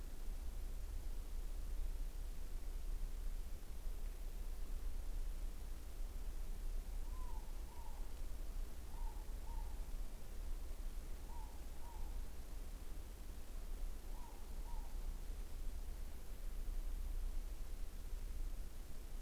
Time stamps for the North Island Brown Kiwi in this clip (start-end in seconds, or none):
none